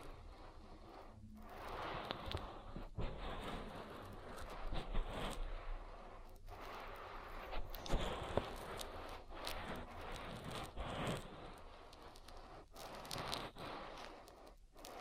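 An oil ear massage makes a dense, continuous wet rubbing and squelching with a crackly, rustling texture. The strokes swell and fade unevenly, with brief pauses near 1, 3, 6.5 and 12.5 seconds. Sharp little pops and clicks stand out, especially around 8 seconds.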